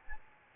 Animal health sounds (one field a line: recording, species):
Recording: mosquito wingbeat signal from an infrared sensor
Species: Aedes albopictus